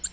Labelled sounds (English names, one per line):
Nashville Warbler flight call